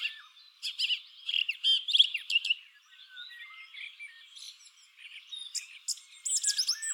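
Song thrush song with a burst of quick repeated notes and whistles, fading to softer warbling before sharp phrases return at the end.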